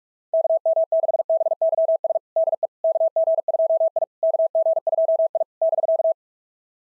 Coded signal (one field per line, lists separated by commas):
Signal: Morse code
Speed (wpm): 42 wpm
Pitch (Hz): 660 Hz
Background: none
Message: KM6BYS DE KG2I KG2I <BK>